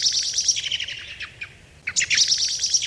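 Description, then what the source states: Common blackbird alarm call: rapid, sharp chattering notes in two bursts separated by a short pause. Calls given when blackbirds fly off as people walk past in gardens; found in gardens, woods and orchards.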